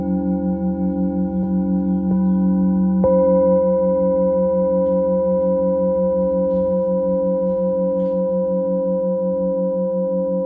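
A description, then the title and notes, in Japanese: A singing bowl rings with a steady, sustained hum, its low tone pulsing in a slow, regular wobble throughout. Around three seconds a brighter, higher ring joins and holds to the end, layered over the ongoing drone. A few faint soft taps appear near the end. シンギングボウルライブ。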